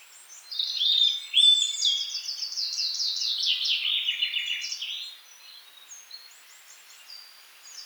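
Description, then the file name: Eurasian nuthatch giving a rapid series of high, clipped notes that slide downward in pitch over about four seconds, with fainter whistled notes afterward. "Sitta europaea"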